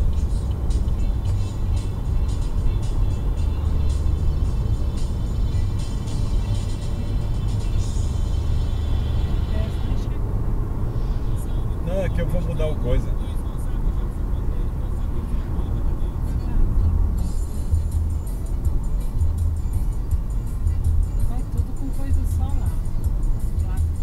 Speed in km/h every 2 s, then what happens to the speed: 92, 94, 96, 97, 98, 101, 100, 96, 90, 84, 82, 80.
0-11 speeds up to 101. 11-24 slows to 80.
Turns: none.